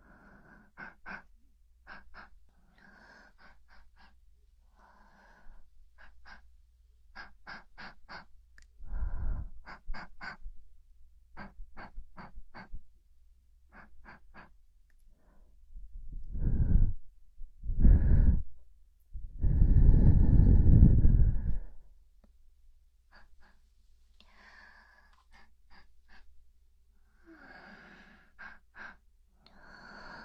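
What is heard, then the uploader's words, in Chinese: A relaxing ear massage: soft, rapid tapping and light clicks run through most of the half minute. Louder, deeper rubbing swells come near 9 seconds, around 16 to 18 seconds, and longest from about 19 to 22 seconds, over a faint low hum. 100%疗愈满点的放松耳部按摩。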